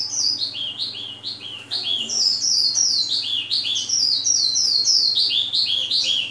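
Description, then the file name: Oriental skylark song, fast repeated high descending chirps run together into a lively continuous stream, with a low background hum. Vietnam. "suara kicauan sonca branjangan vietnam. omkicau"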